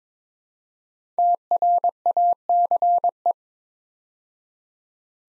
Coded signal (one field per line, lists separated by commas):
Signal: Morse code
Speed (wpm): 23 wpm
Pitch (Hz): 700 Hz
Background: none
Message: TRACE